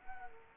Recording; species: mosquito wingbeat signal from an infrared sensor; Culex quinquefasciatus